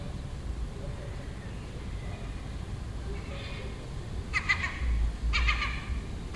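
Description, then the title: Gull giving two short bursts of rapid, harsh, clipped notes late, over a steady low background rumble. Gull nesting on a neighbouring roof in Den Haag, calling all day for a week; recorded June 18th 2017. "Seagull Chatter (Den Haag"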